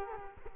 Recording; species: mosquito wingbeat signal from an infrared sensor; Culex quinquefasciatus